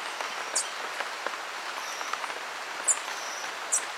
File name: Green Honeycreeper